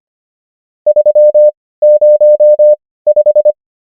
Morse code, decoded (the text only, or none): 305